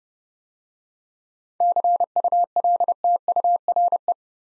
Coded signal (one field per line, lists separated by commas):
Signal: Morse code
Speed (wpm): 28 wpm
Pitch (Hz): 700 Hz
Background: none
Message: CULTURE